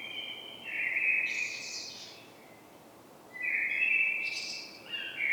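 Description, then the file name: Common blackbird singing two warbling fluty phrases, each topped by a brief high scratchy twitter, with a silent gap between them. "Turdus merula"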